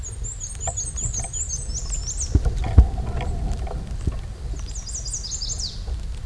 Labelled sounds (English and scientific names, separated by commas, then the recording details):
Black-and-white Warbler (Mniotilta varia) song
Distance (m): 10 m
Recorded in a Pennsylvania forest on 18 May 2023 at 13:56
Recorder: AudioMoth, point grid1_9_low
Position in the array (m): 75 m, 106 m